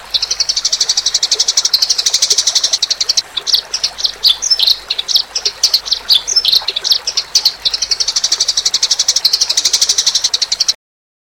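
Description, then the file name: Eurasian tree sparrow: a fast, steady run of high chirps, then a stretch of excited, varied twittering notes, then the fast, even chirping returns. Local name gereja tarung, meaning fighting sparrow. "omkicau com gereja tarung"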